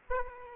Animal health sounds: mosquito wingbeat signal from an infrared sensor; Aedes aegypti

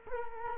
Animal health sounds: mosquito wingbeat signal from an infrared sensor; Culex quinquefasciatus

